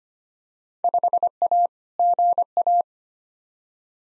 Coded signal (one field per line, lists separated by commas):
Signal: Morse code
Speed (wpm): 25 wpm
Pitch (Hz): 700 Hz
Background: none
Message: 5A GA